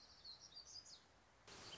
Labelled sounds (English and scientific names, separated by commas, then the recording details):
Black-throated Gray Warbler (Setophaga nigrescens)
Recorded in Sonoma County, California